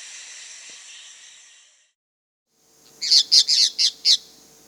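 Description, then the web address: Cobalt-winged parakeet calls: a quick burst of five harsh, high chattering notes after a stretch of steady hiss and a brief silence. Recorded in the Amazon, Peru. "Birds of the Amazon. Cobalt-winged Parakeet (Brotogeris cyanoptera), Peru"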